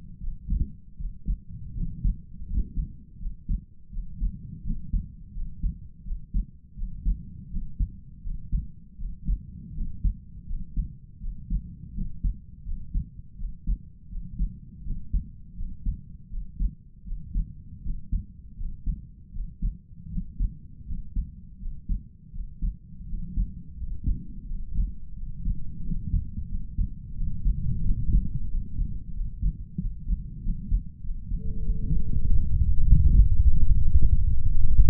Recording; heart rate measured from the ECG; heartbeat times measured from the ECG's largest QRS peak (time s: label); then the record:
heart sounds by stethoscope; 86 bpm
0.18 s: heartbeat
0.96 s: heartbeat
1.73 s: heartbeat
2.45 s: heartbeat
3.17 s: heartbeat
3.89 s: heartbeat
4.62 s: heartbeat
5.32 s: heartbeat
6.03 s: heartbeat
6.74 s: heartbeat
7.48 s: heartbeat
8.21 s: heartbeat
8.96 s: heartbeat
9.73 s: heartbeat
10.45 s: heartbeat
11.19 s: heartbeat
11.92 s: heartbeat
12.63 s: heartbeat
13.36 s: heartbeat
14.08 s: heartbeat
14.82 s: heartbeat
15.54 s: heartbeat
16.28 s: heartbeat
17.03 s: heartbeat
17.81 s: heartbeat
18.55 s: heartbeat
19.31 s: heartbeat
20.08 s: heartbeat
20.84 s: heartbeat
21.57 s: heartbeat
22.30 s: heartbeat
23.05 s: heartbeat
23.76 s: heartbeat
24.45 s: heartbeat
25.13 s: heartbeat
25.82 s: heartbeat
26.47 s: heartbeat
27.13 s: heartbeat
27.82 s: heartbeat
28.47 s: heartbeat
29.12 s: heartbeat
29.78 s: heartbeat
30.41 s: heartbeat
31.01 s: heartbeat
31.62 s: heartbeat
32.23 s: heartbeat
32.83 s: heartbeat
33.40 s: heartbeat
33.97 s: heartbeat
34.54 s: heartbeat
From the record:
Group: healthy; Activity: rest 0-32 s, cold pressor test 32-35 s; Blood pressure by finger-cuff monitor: 86/63 mmHg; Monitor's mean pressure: 68 mmHg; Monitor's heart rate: 83 bpm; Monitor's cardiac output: 5 L/min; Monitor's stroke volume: 62 mL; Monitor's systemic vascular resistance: 960 dyn s/cm5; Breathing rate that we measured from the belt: 23 breaths a minute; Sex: male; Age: 22 years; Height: 181 cm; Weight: 60 kg